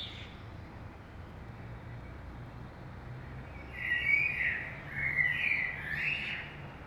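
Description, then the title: Common blackbird song: after a quiet start, one flowing, whistled phrase rises into a thin, high twittering ending, over a low constant hum. Early morning in Saint-Gilles, Belgium; recorded with a DPA 2006c microphone pair in AB stereo into a Zoom F3 recorder. "Saint-Gilles, Belgique - Blackbird - Merle"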